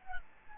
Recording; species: mosquito wingbeat signal from an infrared sensor; Aedes albopictus